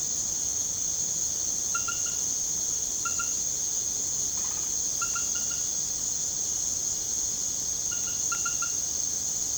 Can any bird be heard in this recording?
no